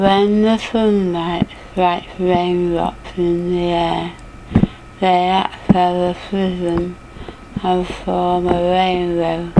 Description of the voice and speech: Rainbow passage. Dysarthria.